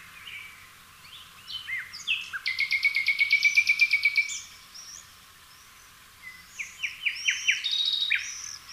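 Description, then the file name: Common nightingale song with scattered chirps leading into a long, loud, rapidly repeated throbbing phrase, then a pause and a second burst of sharp repeated notes. "Luscinia megarhynchos"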